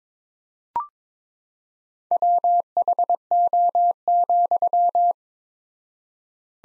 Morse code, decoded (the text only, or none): WHO,